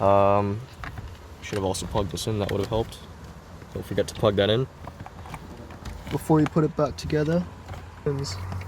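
Someone talks while reassembling the steering column of a Toyota Land Cruiser 100 series after a clock spring replacement for an airbag light error. Near the end, the plastic clock spring wiring connector is handled toward its steering column harness socket, with a few faint sharp ticks between about 4.9 and 5.9 seconds. The connector has not seated or clicked in yet.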